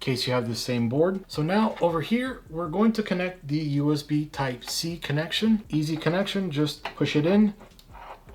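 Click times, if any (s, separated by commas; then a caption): 7.8 s. Someone talks while a front-panel USB Type-C cable connector is pushed by hand into its motherboard header. A short, sharp click is heard at 7.8 s as the connector clicks into place, leaving it seated in the header.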